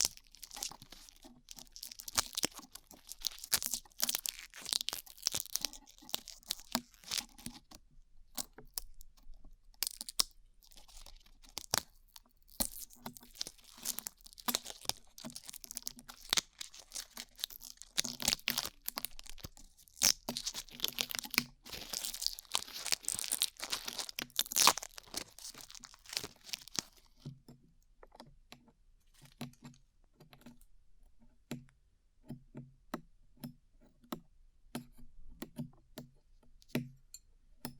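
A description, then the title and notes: Glue being peeled off ears makes dense, sticky crackling and tearing for the first twenty-seven seconds, bright and busy with crinkly bursts. After that it thins into sparse, separate clicks and soft pops at irregular intervals, each with a faint low tone, until the end. ASMR Peeling Glue Off Your Ears (No Talking).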